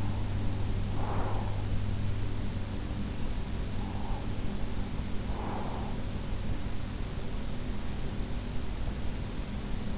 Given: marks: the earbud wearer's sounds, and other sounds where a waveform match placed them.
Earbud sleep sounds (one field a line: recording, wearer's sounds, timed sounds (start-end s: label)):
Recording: sounds in sleep by an in-ear microphone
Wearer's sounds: breath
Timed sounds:
0.00-1.93 s: breath
3.84-6.23 s: breath